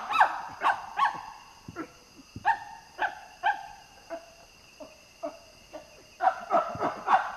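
Common chimpanzee giving a series of sharp, harmonic hoots and barks, about two per second with brief pauses.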